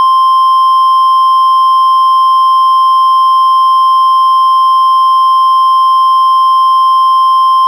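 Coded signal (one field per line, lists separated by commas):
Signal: Emergency Alert System (SAME) tones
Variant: 1050 Hz attention tone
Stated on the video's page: Fictional tornado outbreak EAS scenario; simulated.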